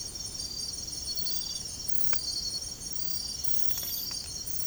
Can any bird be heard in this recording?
no